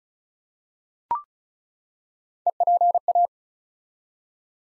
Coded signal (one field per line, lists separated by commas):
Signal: Morse code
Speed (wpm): 35 wpm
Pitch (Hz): 700 Hz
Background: none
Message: EPA